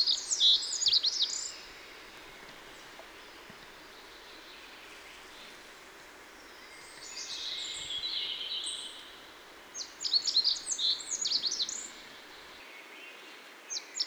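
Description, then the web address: Rock bunting singing: short, thin, high-pitched phrases of quick zipping notes, separated by pauses of several seconds. Cibra, Valsolda. "cibra valsolda. Zigolo muciatto"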